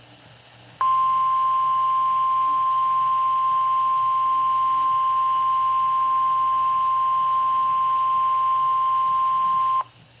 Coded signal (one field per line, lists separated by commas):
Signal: Emergency Alert System (SAME) tones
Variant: 1050 Hz attention tone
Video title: NOAA EAS Alert # 38: Flash Flood Warning (FFW) San Bernardino County, CA (WXM66) (August 24th, 2022)